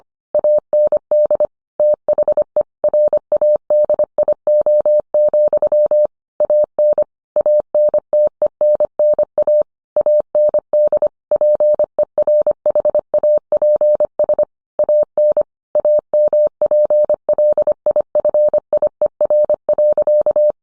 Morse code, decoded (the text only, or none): AND THE RADIO, AN ANTENNA AND PERHAPS AN AMPLIFIER.